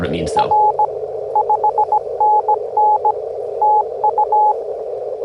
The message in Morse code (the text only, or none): R 5NN TU